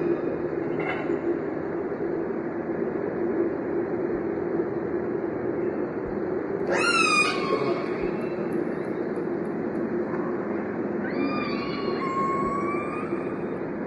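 Orca calls: a sharp downward-sweeping harmonic squeal, then later a wavering, rising whistle-like call with several overtones, set against continuous low noise.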